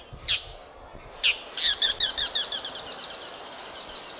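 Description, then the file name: Bull-headed shrike call: two sharp, high notes, then a fast series of harsh chattering notes that fades. "mozu"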